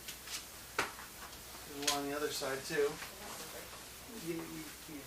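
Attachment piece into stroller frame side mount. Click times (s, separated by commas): 0.8 s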